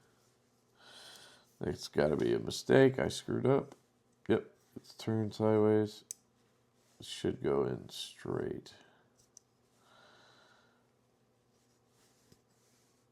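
During reassembly of a KB Knives Zephyr Integral folding knife, someone talks while handling an internal part, possibly the bearing or pivot, that had been put into the integral handle sideways and needs to go in straight. Brief faint ticks occur around 9.4 s and 12.3 s. Nothing has seated or clicked in yet.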